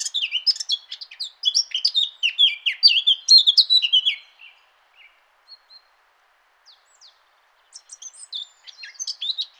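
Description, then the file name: Eurasian blackcap song: a fast, scratchy warble of varied high notes for about four seconds, then scattered soft chips and a short burst of warbling again near the end. "Sylvia atricapilla"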